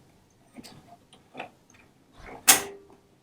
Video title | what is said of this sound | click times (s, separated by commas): How to thread your Baby Lock Triumph for a 3 Thread Overlock Wide Stitch with Richard Tharp | You'll hear a click. | 2.5 s